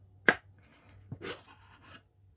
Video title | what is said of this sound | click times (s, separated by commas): Crystal incense burners with reclaimed wood | warpage but that lid it pretty much locks in place | 0.3 s